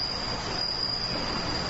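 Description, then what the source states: Bell cricket singing a sustained, thin, high ringing note that never pauses, with soft low rumble in the background. Recorded 29 August 2015 alongside morning glories.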